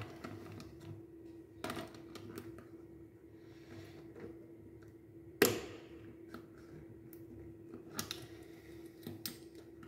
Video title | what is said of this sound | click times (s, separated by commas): Remplacement des filtres à air, attention fragile ! | J'ai eu un côté, vous avez entendu le clic, et voilà. | 5.4 s